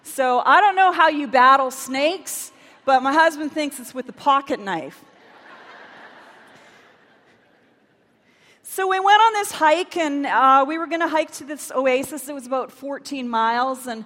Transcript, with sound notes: I don’t know how you battle snakes, but my husband thinks it’s with a pocketknife! [laughter] So we went on this hike, and we were going to hike to this oasis—it was about fourteen miles.